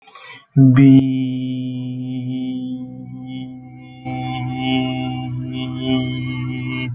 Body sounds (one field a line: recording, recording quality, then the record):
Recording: sustained vowel as in beet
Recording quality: excellent, no background noise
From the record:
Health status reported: healthy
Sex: male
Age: 21 years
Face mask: not worn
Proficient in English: yes